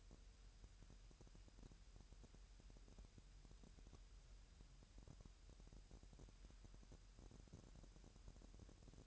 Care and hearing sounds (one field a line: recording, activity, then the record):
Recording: daily activity, microphone in the room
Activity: wipe stove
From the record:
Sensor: 2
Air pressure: 1000.7 hPa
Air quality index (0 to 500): 247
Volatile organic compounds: 96 ppm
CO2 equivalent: 3725 ppm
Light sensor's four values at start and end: 9/22/9/9 and 9/22/9/9